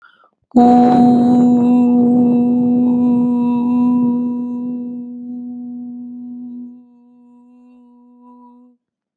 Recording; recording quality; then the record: sustained vowel as in boot; excellent, no background noise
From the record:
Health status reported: healthy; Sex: female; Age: 27 years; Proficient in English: yes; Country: Canada